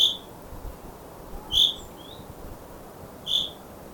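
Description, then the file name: Common chaffinch giving three clipped, high, ringing notes spaced about one and a half seconds apart, a low steady hiss beneath. "Fringilla coelebs"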